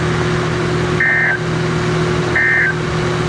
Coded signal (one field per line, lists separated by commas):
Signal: Emergency Alert System (SAME) tones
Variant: end-of-message bursts